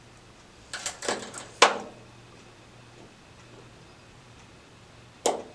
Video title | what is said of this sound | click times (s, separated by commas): Fabricating a Wiring Harness for my Sonex Aircraft | there it clicked | 5.3 s